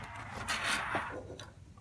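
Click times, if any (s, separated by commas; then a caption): none. A bypass spring and poppet assembly for an SWP-4000 is handled at its hole in the pump head, giving a sharp knock at 0.5 s, another at 0.7 s, and a faint tick near 1.4 s. The part has not been pushed home yet, and nothing has seated or clicked.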